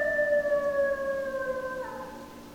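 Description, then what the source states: Coyote howl: one clear, pure-toned howl sliding gently downward in pitch and fading out. Several coyotes, 10 December 2012.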